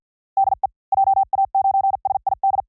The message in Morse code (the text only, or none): DE JA9SID